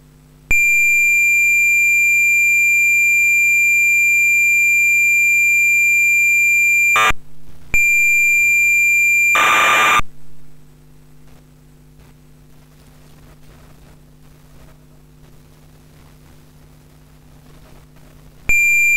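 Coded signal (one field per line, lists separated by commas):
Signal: computer data on cassette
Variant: MSX, 1200 baud FSK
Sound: long steady high lead tone, brief warble, tone again, then harsh buzzing data, then quiet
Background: low hum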